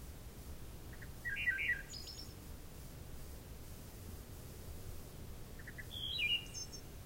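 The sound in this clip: Wood thrush song: two flutey phrases, each opening with soft short notes, rolling into a liquid whistle and ending in a high buzzy trill, over a low background rumble.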